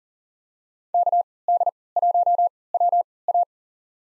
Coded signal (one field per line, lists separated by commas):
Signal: Morse code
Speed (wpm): 40 wpm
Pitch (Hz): 700 Hz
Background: none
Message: KD1WA